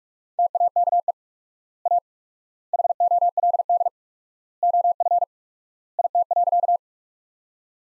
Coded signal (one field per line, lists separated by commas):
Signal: Morse code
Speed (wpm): 45 wpm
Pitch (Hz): 700 Hz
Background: none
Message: TAKE A HOLD OF IT.